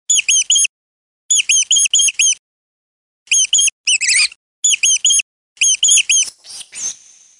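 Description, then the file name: Mouse squeaking in short bursts of several high, thin notes separated by pauses, then a trailing squeal at the end. "Mysh"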